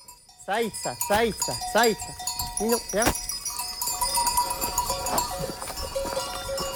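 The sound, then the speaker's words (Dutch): A flock of 75 sheep climbing a mountain in eastern France toward their pasture bleats in quick, overlapping calls with wavering harmonics, while bells jingle and clank steadily among the flock and footsteps shuffle underneath. “Loop in Oost-Frankrijk in de bergen achter een kudde van 75 schapen die omhoog klimmen.”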